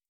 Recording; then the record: hydrophone in a shrimp aquaculture tank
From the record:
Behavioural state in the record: starved